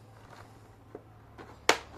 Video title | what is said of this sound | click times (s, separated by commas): Demir lambader abujur kurulumu | çıt diye geçiyor zaten bunu | 1.7 s